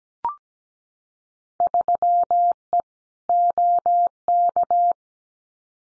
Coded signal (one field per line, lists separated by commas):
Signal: Morse code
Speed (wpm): 17 wpm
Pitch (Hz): 700 Hz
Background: none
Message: 3E OK